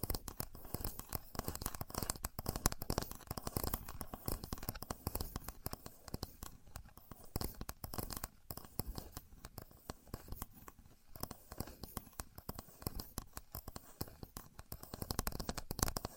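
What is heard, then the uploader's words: A contour gauge is worked by hand, its pins giving a dense, continuous run of tiny clicks and rattling scratches. The clatter is busiest in the first few seconds, thins and softens between about nine and twelve seconds, then builds again toward the end. Using A Contour Gauge (No Talking).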